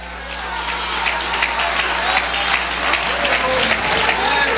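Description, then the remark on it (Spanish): An audience at a church sermon applauds for Christ at the preacher's call, a dense wash of many hands clapping at an even, sustained level throughout, with a low hum underneath and no distinct voices. “¿Cuánto le pueden dar un aplauso a Cristo en esta hora?”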